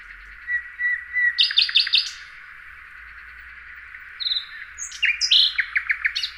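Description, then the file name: Common nightingale delivering a soft whistle, then a burst of quick repeated notes; after a short gap, a whistle and another fast series of sharp chirps. "Luscinia megarhynchos"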